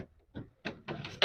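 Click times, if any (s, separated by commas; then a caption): none. A plastic front grille is being pressed back into the slots of a window air conditioner's front panel, producing a series of short plastic rubbing and scraping bursts with a louder burst building at the very end. Nothing has seated or clicked yet.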